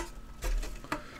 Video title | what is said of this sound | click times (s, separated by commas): Synology DSM 7.2 & 3rd Party Memory - DO THEY STILL WORK? | both of those clicked in yes they have | 0.8 s, 0.9 s